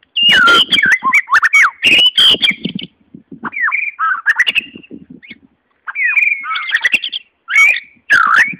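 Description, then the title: White-rumped shama song: loud fluty whistles and harsh notes with clicks, several phrases separated by brief silences. "murai batu"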